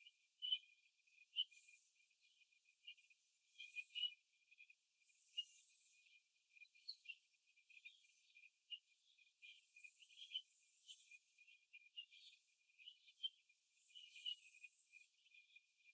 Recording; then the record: young laying hens in a cage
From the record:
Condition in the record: after the stressor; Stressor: simulated dog barking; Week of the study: 2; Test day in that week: 2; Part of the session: 2